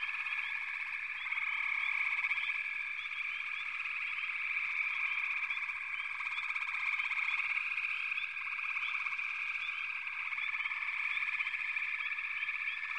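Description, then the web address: Frogs in full chorus, a high continuous trill overlaid with small chirps, rising slightly in loudness after the first second and staying steady afterward. "Sounds of Nature Collection. Froggies"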